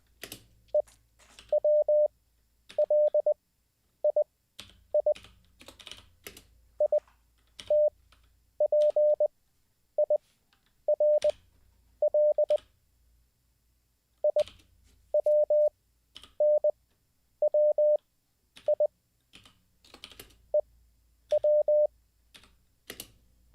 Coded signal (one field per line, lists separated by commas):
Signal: Morse code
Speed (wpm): 20 wpm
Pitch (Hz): 600 Hz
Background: none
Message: EWLII ITPIRL IWNWI EW